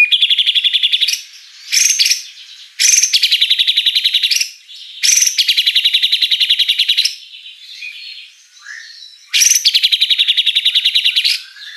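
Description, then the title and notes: White-rumped shama giving long rapid buzzy trills, each opened by a sharp note, repeated with short pauses between. Lure song of a lively singing white-rumped shama with a rich, varied repertoire. "Pancingan Gacor Murai Batu Bongkar Isian Mewah. Audio Murai Batu Dongfeng"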